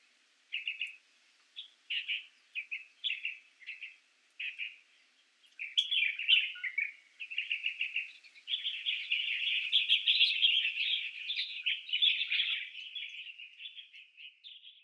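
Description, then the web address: Chinese bulbul calling, a string of brief chirps that run together into a continuous, slightly buzzy chatter in the second half. Recorded in Hong Kong on 18 March 2016. "shiryo koe shirogashira 160318 honkon mju"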